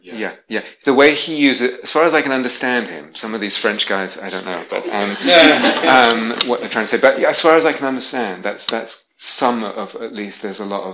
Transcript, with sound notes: Yeah. The way he uses it, as far as I can understand him -- some of these French guys, I don't know [laughter] what they're trying to say. But as far as I can understand, that's some of -- at least there's